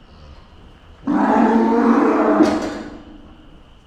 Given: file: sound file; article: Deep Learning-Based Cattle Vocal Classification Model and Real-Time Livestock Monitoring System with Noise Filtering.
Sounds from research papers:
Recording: cattle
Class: normal call

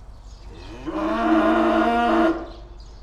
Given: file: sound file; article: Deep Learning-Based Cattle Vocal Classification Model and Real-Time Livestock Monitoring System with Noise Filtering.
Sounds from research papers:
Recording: cattle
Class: estrus call

